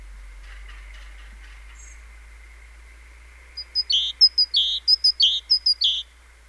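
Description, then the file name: Great tit: after a quiet start, a run of clear two-note phrases begins, a sharp high note dropping to a lower one, repeated rapidly about four times. "Parus major"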